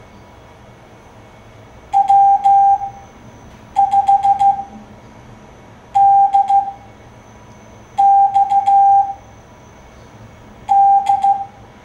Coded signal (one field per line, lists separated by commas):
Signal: Morse code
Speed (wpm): 15 wpm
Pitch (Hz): 790 Hz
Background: none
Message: W5DXD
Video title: CW Games - QST May 2024